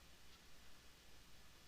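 Plastic hinges of a hard drive carrier are lined up with the small holes on the metal frame of an HP Z1 all-in-one workstation's internal chassis, heard only as a faint, steady hiss with soft rustling. The carrier has not snapped into place yet, and no click is heard.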